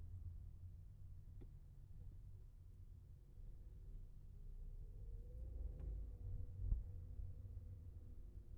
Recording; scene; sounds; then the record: everyday scene through a hearing-aid microphone; in a vehicle; engine, traffic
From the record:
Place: Skoda Fabia, gasoline engine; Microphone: behind the ear, left, front